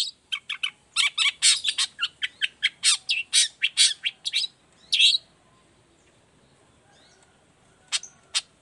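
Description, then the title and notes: Long-tailed shrike song, a rapid string of harsh chips and squeaks for several seconds, then quiet with a few isolated notes. Active morning singing with varied toet-toet notes, used as a lure recording to prompt other shrikes of any kind to reply quickly and open their beaks. "Cendet Gacor Dor Di Kala Pagi Toet Toet Variasi Suara. Cendet Gacor Efektif Pancingan Buat Cendet Jenis Apapun Agar Cepat Nyaut Buka Paruh. Burung cendet"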